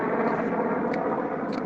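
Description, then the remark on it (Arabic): A steady, broad roar of an airplane flying overhead fills the whole moment, a continuous low rumble with hiss on top and no speech. “أنا كل ما سد صوتية تجي الطيارة هذه فوق، ليش ما إيه؟”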